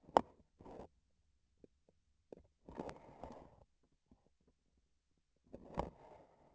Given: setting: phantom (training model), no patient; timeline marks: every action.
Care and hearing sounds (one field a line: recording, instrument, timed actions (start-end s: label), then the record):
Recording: laparoscopic instrument, vibration sensor on the handle end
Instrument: grasping forceps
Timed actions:
0.48-1.04 s: grasping tissue
2.23-2.51 s: releasing tissue
From the record:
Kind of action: gesture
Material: synthetic tissue